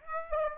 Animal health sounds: mosquito wingbeat signal from an infrared sensor; Aedes aegypti

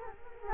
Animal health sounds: mosquito wingbeat signal from an infrared sensor; Culex quinquefasciatus

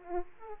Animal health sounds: mosquito wingbeat signal from an infrared sensor; Aedes aegypti

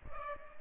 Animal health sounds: mosquito wingbeat signal from an infrared sensor; Aedes albopictus

